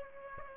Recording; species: mosquito wingbeat signal from an infrared sensor; Aedes aegypti